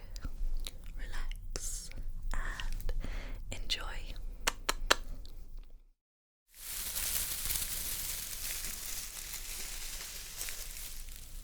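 Tapping and scratching fill the first six seconds, with sharp separate clicks and rustles at an uneven pace. After a brief moment of total silence near the six-second mark, a steady, bright hiss with soft grainy texture continues to the end.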